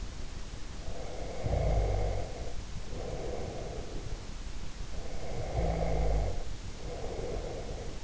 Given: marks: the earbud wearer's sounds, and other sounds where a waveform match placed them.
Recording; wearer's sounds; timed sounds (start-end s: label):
sounds in sleep by an in-ear microphone; snoring breath
0.75-4.15 s: snoring breath
4.84-8.04 s: snoring breath